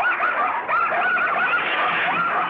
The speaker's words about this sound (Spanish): ¡Ay! ¡Quítamelos! ¡Quítamelos, Gaspar! ¡Malditos perros! ¡Los voy a matar!